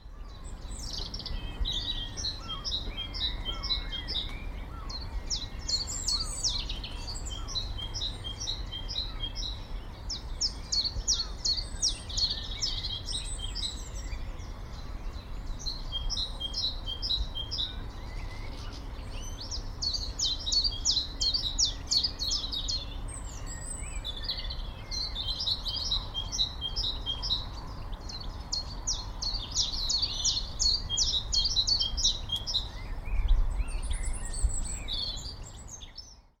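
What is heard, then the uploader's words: Birds sing in a wood, a chiffchaff and a great tit trading phrases. Bright, quick, evenly pulsed two-note songs come in bursts of a few seconds, repeated throughout with short pauses. A low, steady outdoor rumble and fainter calls sit underneath. Chiffchaff v great tit. In the Wood today there seemed to be a duel between a newly arrived chiffchaff (singing its name) and a resident great tit (singing "teacher - teacher").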